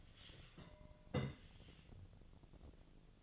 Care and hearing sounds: daily activity, microphone in the room; take from stove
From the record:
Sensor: 4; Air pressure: 1010.8 hPa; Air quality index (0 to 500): 169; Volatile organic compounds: 5 ppm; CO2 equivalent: 1723 ppm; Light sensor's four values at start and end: 38/109/44/45 and 39/111/44/45

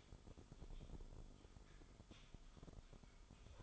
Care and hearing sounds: daily activity, microphone in the room; typing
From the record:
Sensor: 5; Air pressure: 988.8 hPa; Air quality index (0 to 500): 235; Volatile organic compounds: 193 ppm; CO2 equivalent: 4189 ppm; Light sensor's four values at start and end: 39/124/48/51 and 39/124/48/51

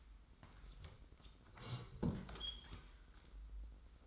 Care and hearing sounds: daily activity, microphone in the room; sit down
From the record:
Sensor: 3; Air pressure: 990.4 hPa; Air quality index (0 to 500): 171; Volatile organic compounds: 1000 ppm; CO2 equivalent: 5552 ppm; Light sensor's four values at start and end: 43/100/41/39 and 43/100/41/39

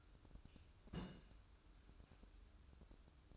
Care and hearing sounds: daily activity, microphone in the room; place on stove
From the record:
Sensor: 2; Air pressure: 1008.0 hPa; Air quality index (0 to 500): 112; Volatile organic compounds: 1 ppm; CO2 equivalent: 833 ppm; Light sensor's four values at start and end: 6/15/6/6 and 6/15/6/6

